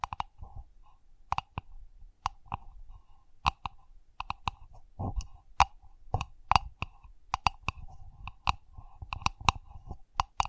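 Sensitive tapping, a run of sharp clicking taps scattered irregularly through the clip, some in quick pairs or clusters and others spaced apart. Each tap is crisp and bright with a brief low thud beneath, and a faint tonal ringing lingers between them.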